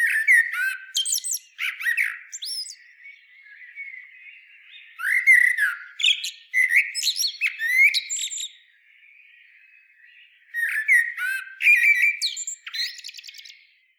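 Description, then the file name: Common blackbird singing in phrases, fluty warbled notes mixed with high squeaky flourishes and trills, with a quieter stretch between bursts, over a soft chirping background. "Turdus merula"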